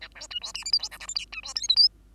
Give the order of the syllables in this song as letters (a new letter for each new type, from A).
A B C D E F G H I J K L C D M N O